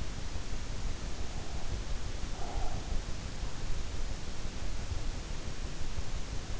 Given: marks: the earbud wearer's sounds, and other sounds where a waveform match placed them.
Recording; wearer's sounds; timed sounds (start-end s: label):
sounds in sleep by an in-ear microphone; breath
1.07-3.02 s: breath